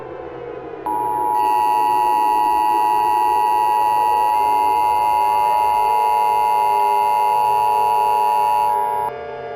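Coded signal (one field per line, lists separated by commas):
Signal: Emergency Alert System (SAME) tones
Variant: 853 and 960 Hz attention tone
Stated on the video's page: Fictional EAS scenario, a fabricated alert production with added voice acting.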